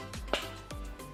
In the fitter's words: pasang Sampai bunyi klik